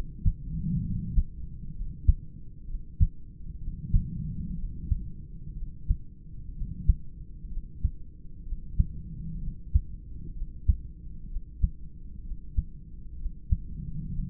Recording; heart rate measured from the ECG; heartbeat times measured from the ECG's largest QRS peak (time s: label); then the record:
heart sounds by stethoscope; 63 bpm
0.80 s: heartbeat
1.71 s: heartbeat
2.65 s: heartbeat
3.58 s: heartbeat
4.54 s: heartbeat
5.53 s: heartbeat
6.52 s: heartbeat
7.48 s: heartbeat
8.43 s: heartbeat
9.38 s: heartbeat
10.32 s: heartbeat
11.27 s: heartbeat
12.22 s: heartbeat
13.16 s: heartbeat
14.09 s: heartbeat
From the record:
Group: heart failure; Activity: rest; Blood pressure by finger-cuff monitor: 97/58 mmHg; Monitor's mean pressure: 73 mmHg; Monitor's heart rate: 64 bpm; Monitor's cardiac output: 4.2 L/min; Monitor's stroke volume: 68 mL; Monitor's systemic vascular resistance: 1240 dyn s/cm5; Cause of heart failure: idiopathic cardiomyopathy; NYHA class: 2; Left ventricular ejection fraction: 17%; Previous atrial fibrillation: present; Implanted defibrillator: present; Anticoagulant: edoxaban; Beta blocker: bisoprolol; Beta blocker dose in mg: 7.5 twice daily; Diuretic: furosemide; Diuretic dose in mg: 20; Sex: male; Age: 63 years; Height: 160 cm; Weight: 69 kg